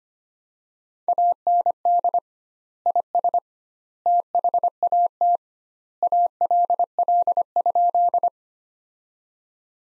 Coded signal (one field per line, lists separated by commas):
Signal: Morse code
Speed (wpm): 25 wpm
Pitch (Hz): 700 Hz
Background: none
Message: AND IS THAT ALL?